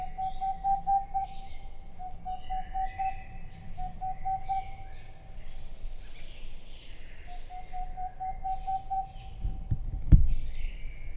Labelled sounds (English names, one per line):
Boreal Owl